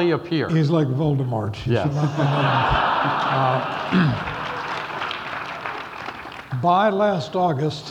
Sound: laughs and applause